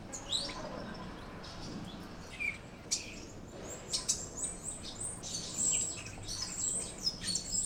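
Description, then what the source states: Birds chirping, with sharp high chirps scattered irregularly throughout. Birds chirping on a tree.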